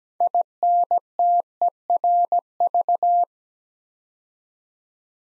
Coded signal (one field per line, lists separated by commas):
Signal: Morse code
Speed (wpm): 17 wpm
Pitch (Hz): 700 Hz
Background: none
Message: INTERV